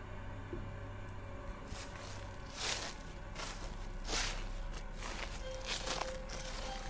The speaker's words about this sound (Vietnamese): Từ đấy vang lên những tiếng lá cây dẫm loạt xòa loạt xoạt.